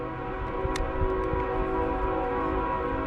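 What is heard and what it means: A crimped metal terminal is turned sideways and pushed by hand into a plastic connector housing for the electric fan wiring during a Mishimoto fan and shroud install on an MK3 Supra. A steady, droning hum with layered tonal lines runs throughout, with one brief, bright tick at about 0.8 s. Nothing has seated or clicked yet; the terminal is still being handled when the clip ends.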